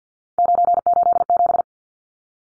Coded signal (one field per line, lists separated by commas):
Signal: Morse code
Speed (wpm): 50 wpm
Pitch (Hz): 700 Hz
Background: none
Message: 987